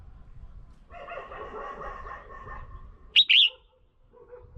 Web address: tieng chao mao mai. tieng dong vat